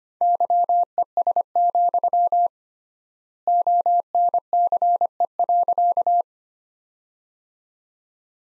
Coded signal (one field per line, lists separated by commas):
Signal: Morse code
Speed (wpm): 25 wpm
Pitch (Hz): 700 Hz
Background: none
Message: YES, ONCE.